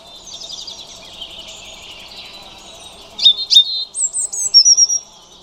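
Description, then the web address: European robin song: faint high twittering gives way to bright, sharply sweeping notes and a few thin, sustained high whistles in quick succession. "Deverinetal 2025 File origin Bird Only Er Ru"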